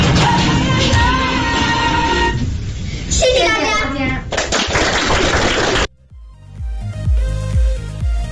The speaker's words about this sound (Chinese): 掌声特别的热烈啊、 嗯、 掌声哪里来？